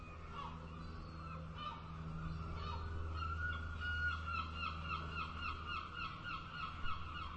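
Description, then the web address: Gulls calling in a busy chorus, many short, harsh, overlapping cries repeated several times a second, over a continuous low rumble. "raw seagulls"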